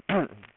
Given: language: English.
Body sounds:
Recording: throat vibration sensor signal played as sound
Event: throat clearing

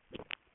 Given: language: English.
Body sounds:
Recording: throat vibration sensor signal played as sound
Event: swallow

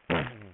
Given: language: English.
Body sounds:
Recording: throat vibration sensor signal played as sound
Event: throat clearing

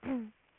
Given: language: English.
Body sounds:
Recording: throat vibration sensor signal played as sound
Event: throat clearing

